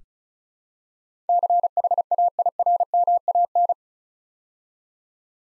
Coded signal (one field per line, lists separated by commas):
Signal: Morse code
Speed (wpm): 36 wpm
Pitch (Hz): 700 Hz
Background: none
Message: CHAIRMAN